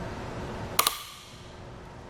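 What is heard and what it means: The included torque-limiting roof rack tool is turned in the tightening bolt of a Thule SquareBar Evo roof rack foot pack on the flush rails of a 2019 Nissan Armada. Two sharp, bright clicks sound at 0.8 s and 0.9 s over a steady low background. The tool has clicked at its setting, signalling that the bolt is tightened correctly.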